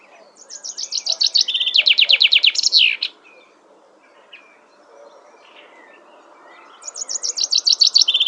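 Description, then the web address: Common chaffinch song: a bright trill of rapid notes stepping down in pitch and ending in a flourish, then a second song begins after a quiet gap. "Deverinetal"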